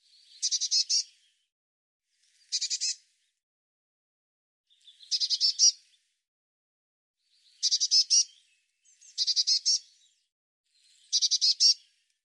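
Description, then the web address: Bird calls: six short bursts of rapid buzzy high notes, each repeated roughly every two seconds, separated by silence. "cianscape birddata Deverinetal 2025 File cleaned normalized Bird Cy Ca"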